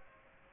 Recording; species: mosquito wingbeat signal from an infrared sensor; Aedes aegypti